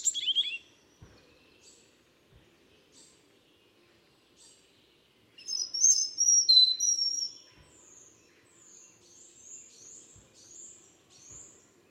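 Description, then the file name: European robin with a high sharp call, then a rapid, tinkling warbled phrase, followed by a string of thin, very high notes repeated at a steady pace. "Erithacus rubecula"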